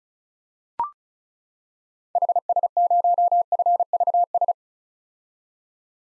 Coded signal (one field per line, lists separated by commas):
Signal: Morse code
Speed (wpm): 36 wpm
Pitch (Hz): 700 Hz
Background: none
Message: HS0FVS